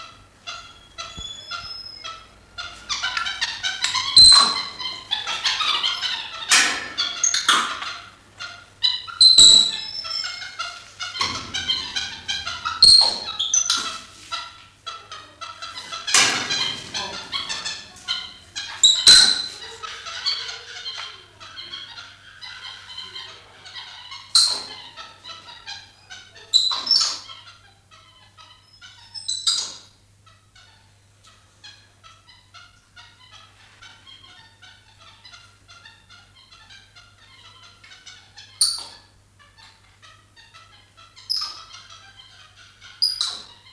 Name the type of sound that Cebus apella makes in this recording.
call